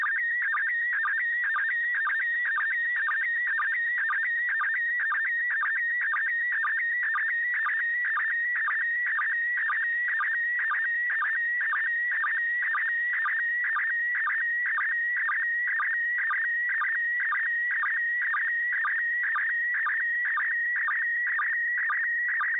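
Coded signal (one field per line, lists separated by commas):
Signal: SSTV (slow-scan television)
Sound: continuous warbling tone with rapid, regular short low blips, steady throughout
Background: radio static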